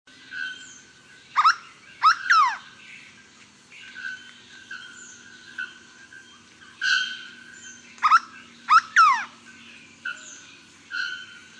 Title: LuckyPassaro Completos2Sama. Hooded Berryeater (Carpornis cucullata)